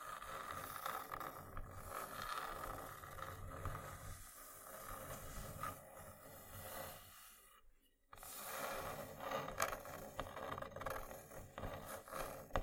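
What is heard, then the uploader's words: Wooden triggers make a dense, steady run of scratchy tapping and scraping with many quick clicks layered together, a bit like a ratchet. A brief pause near the eight-second mark breaks the sound before it resumes just as busy and textured. ASMR Wooden Triggers 1hour（No Talking）.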